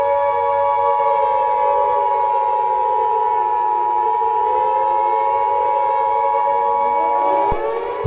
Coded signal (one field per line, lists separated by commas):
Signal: Emergency Alert System (SAME) tones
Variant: 853 and 960 Hz attention tone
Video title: EAS scenario #1 Black Hole Traveling Fast